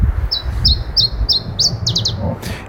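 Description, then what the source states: Iberian chiffchaff song: five high, downslurred notes about a third of a second apart, then a quicker run of three notes, over a low rumbling background. Unusual vagrant that normally lives in southern Europe but has turned up and been seen here; recording played again on air.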